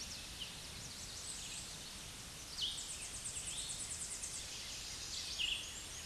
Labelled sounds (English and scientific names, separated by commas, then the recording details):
Tennessee Warbler (Leiothlypis peregrina) song
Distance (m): 55 m
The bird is about 5 m above the microphone
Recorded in a Pennsylvania forest on 16 May 2024 at 08:00
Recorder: AudioMoth, point MSD-1482
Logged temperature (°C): 15.6 °C
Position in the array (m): 140 m, 98 m